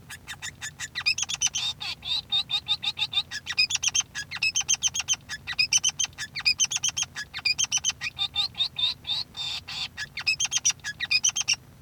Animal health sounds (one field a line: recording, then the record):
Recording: song of a male Bengalese finch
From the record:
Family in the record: son of father 3